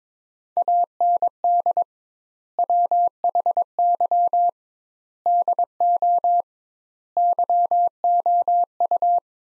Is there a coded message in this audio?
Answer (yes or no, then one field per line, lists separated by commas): yes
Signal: Morse code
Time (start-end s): 0.6-9.2 s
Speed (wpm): 21 wpm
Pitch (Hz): 700 Hz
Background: none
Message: AND WHY DO YOU